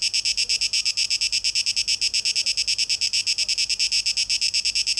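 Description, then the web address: Cicada giving a strident, high-pitched pulsing buzz, the beats regular and continuous across the whole stretch. Recorded 12 August 2023; tape echo mix. "Audio 2023-08-12 Zikaden (Tape Echo Mix)"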